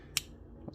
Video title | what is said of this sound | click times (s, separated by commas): Cold Steel AD-10 folding knife - Overview/Review | Undo the lock and you can see it really good. | 0.2 s